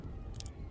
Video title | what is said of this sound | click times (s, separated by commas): Best cheap 4k vlogging camera in 2020 - under $250 / best youtube starter camera | and it snaps right into place locking these two lucky mechanism there | 0.4 s